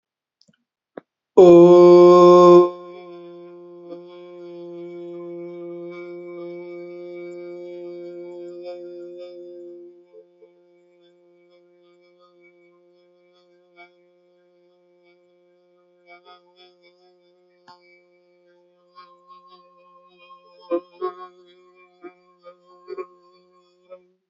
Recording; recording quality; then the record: sustained vowel as in boot; excellent, no background noise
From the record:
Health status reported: healthy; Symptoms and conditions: cough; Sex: male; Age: 30 years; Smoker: not ticked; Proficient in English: yes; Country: India